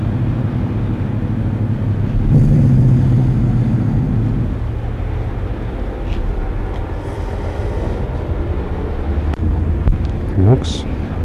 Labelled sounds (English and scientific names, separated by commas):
Eurasian Lynx (Lynx lynx)